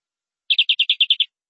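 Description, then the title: Canary song: a short, even series of eight quick chirped notes lasting under a second, with nothing else audible. "BM Suara Kenari"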